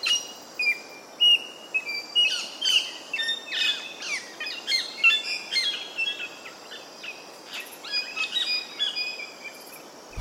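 Double-eyed fig parrot calls: rapid, sharp high chirps and short squeaky notes tumbling over one another in continuous chatter.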